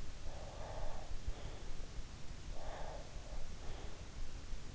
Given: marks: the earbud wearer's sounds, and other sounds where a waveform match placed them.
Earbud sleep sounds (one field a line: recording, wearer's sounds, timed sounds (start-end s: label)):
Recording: sounds in sleep by an in-ear microphone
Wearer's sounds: breath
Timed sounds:
0.27-1.87 s: breath
2.43-3.94 s: breath